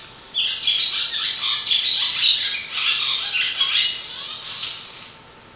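Swallow chatter starts abruptly after a short quiet moment, then runs on as rapid, high, squeaky twitters before fading at the end.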